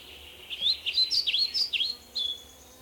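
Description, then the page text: Flycatcher song: one quick phrase of high, clear notes dipping and rising, ending in a short thin whistle. "Мухоловка пение. Zvukogram"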